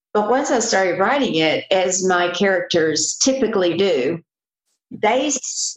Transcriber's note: none